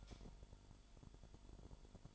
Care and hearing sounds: daily activity, microphone in the room; light off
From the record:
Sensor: 5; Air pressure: 1008.0 hPa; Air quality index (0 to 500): 105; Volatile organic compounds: 1 ppm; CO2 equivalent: 813 ppm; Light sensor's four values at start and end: 30/69/27/27 and 29/68/27/26

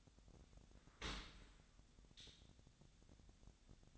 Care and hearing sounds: daily activity, microphone in the room; open dishwasher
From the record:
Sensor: 3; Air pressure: 1006.7 hPa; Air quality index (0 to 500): 207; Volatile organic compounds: 19 ppm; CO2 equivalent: 2643 ppm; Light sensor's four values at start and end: 10/24/10/10 and 10/25/10/10

